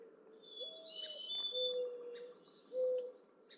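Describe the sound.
Mourning dove coos, faint, a low coo, a rising hoot, then long low notes, with whistled and chirping songs of other birds.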